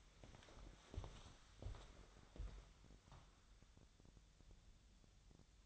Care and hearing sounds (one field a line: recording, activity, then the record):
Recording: daily activity, microphone in the room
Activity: walk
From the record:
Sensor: 3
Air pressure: 1015.3 hPa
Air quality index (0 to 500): 120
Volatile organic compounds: 4 ppm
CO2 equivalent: 1688 ppm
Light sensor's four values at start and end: 18/46/18/20 and 17/44/18/19